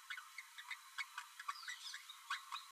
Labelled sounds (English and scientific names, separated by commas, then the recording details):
Green-rumped Parrotlet (Forpus passerinus) babbling
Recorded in a nest box in Venezuela
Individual 18B12A3